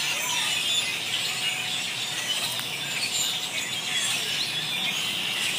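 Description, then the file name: Birds chattering in a thick, continuous wash of high chirps and twitters with no pauses. Many birds calling frantically, described as going absolutely crazy. "birds going absolutely crazy pt 2"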